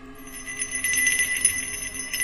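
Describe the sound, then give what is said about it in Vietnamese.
A hand bell rings in a steady shimmer of overlapping metallic tones, bright and sustained like wind chimes tinkling, with no voices and a fairly even loudness throughout. “Nó giống như là cái tiếng chuông gió thổi ở trước cửa nhà.”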